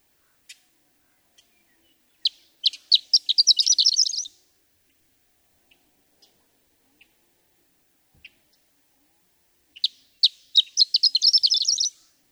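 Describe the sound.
Horned lark repeating its song twice, several seconds apart: spaced high ticks speeding into a bright, tinkling, jumbled trill, with scattered soft clicks between phrases.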